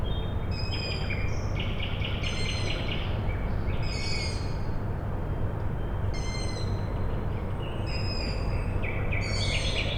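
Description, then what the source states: Owl chicks giving squeaky, harmonic calls repeated every second or two over a steady low industrial hum. Owl chicks calling at night, Tuesday 21 May 2019, Michałkowice Plac Sportowy, Siemianowice Śląskie, Poland; industrial plant in background; recorded with Zoom H5 and Audio-Technica BP4025.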